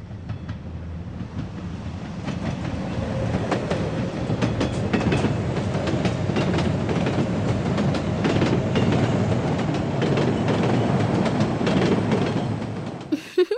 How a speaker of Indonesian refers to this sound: Membentuk barisan gerbong kereta api. Berjalanlah melingkar sambil menirukan bunyinya.